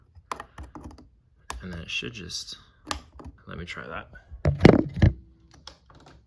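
A motorcycle LED turn signal lens housing is handled as it is twisted and pushed onto its base with the wires tucked in, while someone talks. Short taps and knocks of handling come through between the words. The housing has not clicked in or seated yet.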